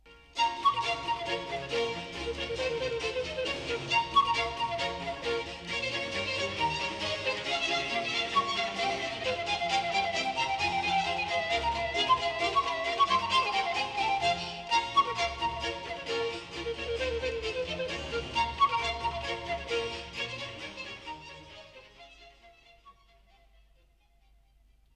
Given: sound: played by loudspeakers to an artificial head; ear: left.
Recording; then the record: music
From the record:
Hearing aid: none